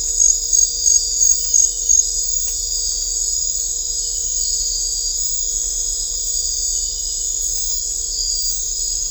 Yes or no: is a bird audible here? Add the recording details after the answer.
no. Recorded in dense forest near Puerto Asís, Putumayo, Colombia, on 16 December 2024 at 22:00. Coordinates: 0.500, -76.322. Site G053